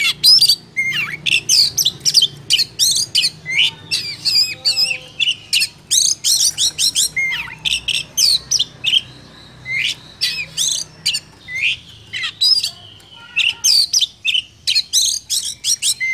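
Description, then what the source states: Oriental magpie-robin song: long, rapid sequence of sharp chips, whistles and harsh rasping notes with a few brief pauses, continuing steadily throughout. Lure sound used for bird trapping.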